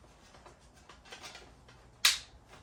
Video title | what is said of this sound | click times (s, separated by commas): Ninebot max | clips you heard that click didn't you | 2.1 s